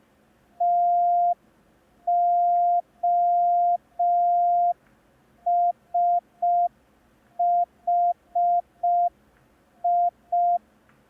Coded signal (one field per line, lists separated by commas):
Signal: Morse code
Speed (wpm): 5 wpm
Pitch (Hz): 700 Hz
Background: none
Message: TOSHI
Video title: Learn Morse Code in 10 Days (Day 1) – ASOC Tutorials India